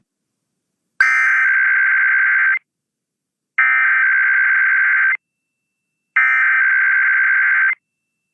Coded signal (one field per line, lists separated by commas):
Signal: Emergency Alert System (SAME) tones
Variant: header bursts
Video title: Early August Weekend of Tests (EAS #27708-27715) 8/2-4/25